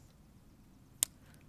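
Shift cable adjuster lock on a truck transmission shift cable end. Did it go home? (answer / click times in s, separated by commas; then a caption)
released / 1.0 s. A tool pushes in the adjustment lock on the automatic transmission shift cable end of a 1995–2000 GM OBS Chevrolet/GMC truck, and the plastic lock pops out and releases with a single sharp click at 1.0 s. Two much fainter ticks follow at about 1.3 s and 1.4 s over a low background hum.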